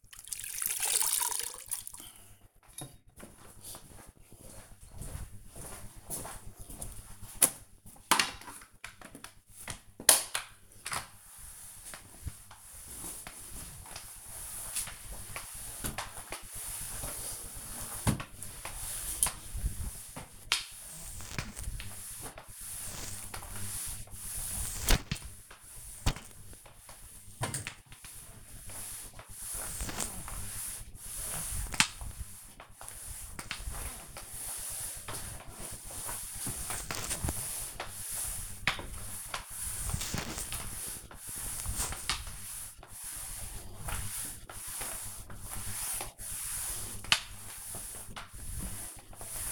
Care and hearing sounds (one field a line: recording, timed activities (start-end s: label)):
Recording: household activities, microphone on the right wrist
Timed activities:
0.00-49.52 s: floor cleaning